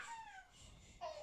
That baby crying in the background that is our boy.